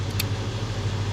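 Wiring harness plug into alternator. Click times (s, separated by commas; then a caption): 0.2 s. On a 2009 Chevy Tahoe with the 5.3, the alternator's wiring harness plug is pushed onto the alternator. It gives one sharp, short click at 0.2 s as it snaps into place, over a steady low hum. The connector is seated.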